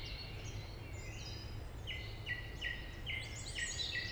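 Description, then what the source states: Song Thrush song: softer warbling, then a clear phrase repeated several times in quick succession, over a low steady rumble. Route Forestière de la Meunaz, Montcel state forest, Montcel, Savoie, France; large forest frequented by thrushes and many other birds.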